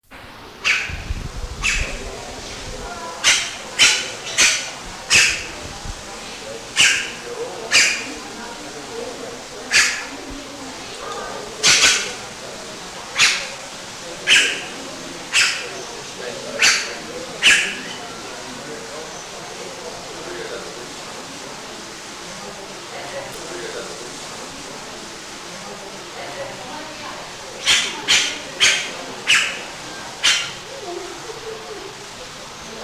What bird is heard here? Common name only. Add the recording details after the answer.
Red-rumped Cacique. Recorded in captivity. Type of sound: call. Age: adult. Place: Zoo Berlin, Berlin, DE. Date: 2001-08-14 15:32. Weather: sunny, ca. 26°C. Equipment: Marantz CP 130, Sennheiser MKH 416, Kopie Uher 4000 Report Monitor. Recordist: Tembrock, Günter. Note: Kurzlaute